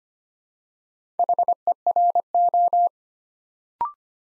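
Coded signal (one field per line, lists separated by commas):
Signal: Morse code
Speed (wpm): 25 wpm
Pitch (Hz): 700 Hz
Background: none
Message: HERO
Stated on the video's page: Morse practice drill at 25 wpm, building 4-letter words two letters at a time for instant character recognition.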